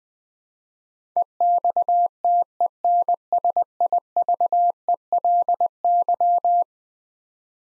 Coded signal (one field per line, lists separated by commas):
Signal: Morse code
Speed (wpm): 20 wpm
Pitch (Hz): 700 Hz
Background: none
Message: EXTENSIVELY